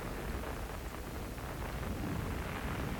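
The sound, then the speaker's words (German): A steady, rolling low rumble of thunder from a passing thunderstorm that is letting up, mixed with broad hissing noise, holding at an even loudness throughout with no distinct cracks and no voices. “Übrigens lässt das Gewitter nach.”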